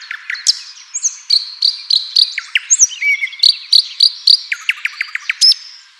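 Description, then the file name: Common nightingale song of sharp clicking notes repeated in quick series, interspersed with short whistles and slurred notes. "Luscinia megarhynchos"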